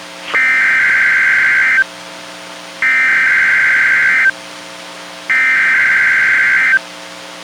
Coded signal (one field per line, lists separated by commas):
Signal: Emergency Alert System (SAME) tones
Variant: header bursts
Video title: EAS #721: NWR Required Weekly Test- Nov. 30, 2022- 12:00PM PST